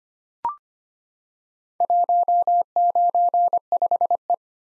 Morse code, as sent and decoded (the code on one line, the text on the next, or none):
.---- ----. ..... .
195E